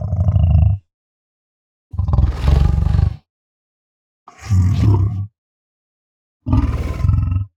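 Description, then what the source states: Lion growling low and rough in four separate bursts of about one second each, with a stuttering, pulsed texture and short silences between them. Soft stutter growl.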